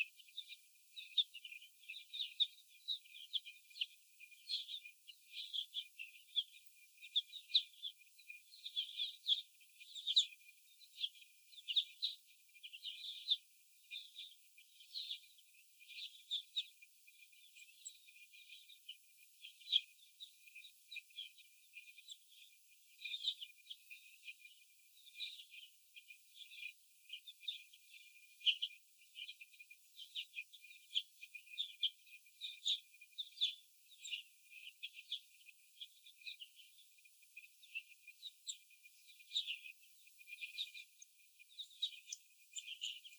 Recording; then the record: young laying hens in a cage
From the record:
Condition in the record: before the stressor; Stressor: sudden umbrella opening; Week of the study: 2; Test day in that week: 1